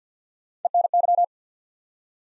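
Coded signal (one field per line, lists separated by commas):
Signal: Morse code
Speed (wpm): 52 wpm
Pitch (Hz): 700 Hz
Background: none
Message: ENY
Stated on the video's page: Head-copy drill of ARRL Sections used in Field Day contest exchanges, sent at 50 wpm, spoken, then sent again.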